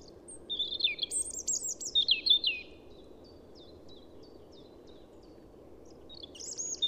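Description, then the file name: European robin singing a high, jumbled twittering phrase, then a pause with faint soft ticks, and a new high phrase beginning at the end; low steady rumble underneath. "Erithacus rubecula"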